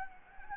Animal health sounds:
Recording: mosquito wingbeat signal from an infrared sensor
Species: Anopheles gambiae

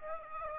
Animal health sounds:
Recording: mosquito wingbeat signal from an infrared sensor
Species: Aedes aegypti

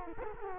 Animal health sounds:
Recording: mosquito wingbeat signal from an infrared sensor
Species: Culex quinquefasciatus

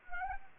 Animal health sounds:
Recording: mosquito wingbeat signal from an infrared sensor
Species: Anopheles gambiae

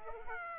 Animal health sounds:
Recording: mosquito wingbeat signal from an infrared sensor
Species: Aedes aegypti

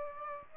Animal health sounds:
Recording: mosquito wingbeat signal from an infrared sensor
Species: Aedes aegypti

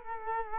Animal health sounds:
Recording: mosquito wingbeat signal from an infrared sensor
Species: Culex quinquefasciatus

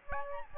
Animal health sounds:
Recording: mosquito wingbeat signal from an infrared sensor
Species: Aedes albopictus

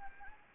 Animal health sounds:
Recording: mosquito wingbeat signal from an infrared sensor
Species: Anopheles gambiae

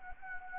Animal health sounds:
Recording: mosquito wingbeat signal from an infrared sensor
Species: Anopheles arabiensis

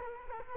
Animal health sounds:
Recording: mosquito wingbeat signal from an infrared sensor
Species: Culex quinquefasciatus

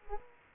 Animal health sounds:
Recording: mosquito wingbeat signal from an infrared sensor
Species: Culex quinquefasciatus

